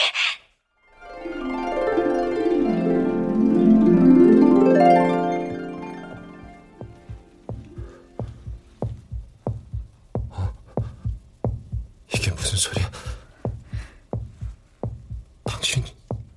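Fetal heartbeat of a fetus in the womb, heard by ultrasound Doppler: a rhythmic train of pulsing beats.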